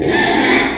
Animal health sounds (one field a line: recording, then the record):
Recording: squeal of a Yucatan mini pig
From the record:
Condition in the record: after surgery on the right vocal fold (resection and tissue-engineered implant)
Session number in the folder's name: 3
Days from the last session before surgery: 33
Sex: male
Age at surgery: 12 weeks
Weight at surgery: 13 kg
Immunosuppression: cyclosporine, prednisolone